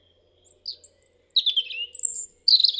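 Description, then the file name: European robin singing a short, sweet phrase of high thin whistles and falling warbles, each note sharp and clear against quiet background. "Erithacus rubecula"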